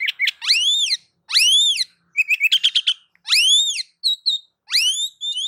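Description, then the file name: Oriental magpie-robin song, loud and rich: upward-sweeping whistles alternating with quick stuttering chirp runs. "Suara-Kacer-Versi-7"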